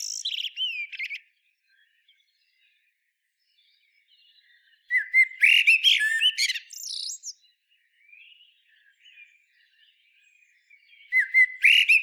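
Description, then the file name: Common blackbird delivering separate song phrases several seconds apart, with clear whistles and high squeaky twitters. "Turdus merula"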